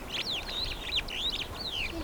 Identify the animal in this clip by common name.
Superb Starling